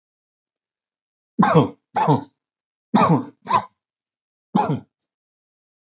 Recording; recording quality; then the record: heavy voluntary cough; excellent, no background noise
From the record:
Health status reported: healthy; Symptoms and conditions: none ticked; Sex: male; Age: 52 years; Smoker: not ticked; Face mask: not worn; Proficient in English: yes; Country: India